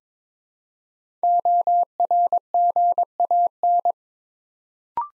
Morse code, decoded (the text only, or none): ORGAN